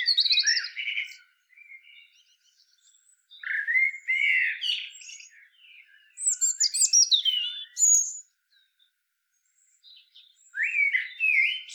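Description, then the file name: European robin song, varied liquid phrases of slurred whistles and high tinkling notes, delivered in bursts with pauses between them. "Erithacus rubecula"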